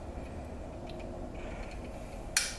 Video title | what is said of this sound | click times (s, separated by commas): Trap Prep for Beginners(How to Prepare New Traps to Catch Coyotes)!!! | there's our click so we're ready to go and now you can see | 2.4 s